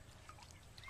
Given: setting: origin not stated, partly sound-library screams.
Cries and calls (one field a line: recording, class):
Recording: one-second piece from a danger detection set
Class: normal situation